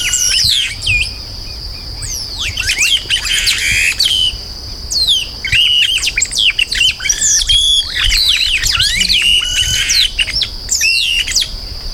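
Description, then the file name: Yellow-rumped marshbird group calling, busy overlapping whistled slurs and sharp chips in dense bursts, with a constant high-pitched buzzing tone beneath. "Chupim do Brejo"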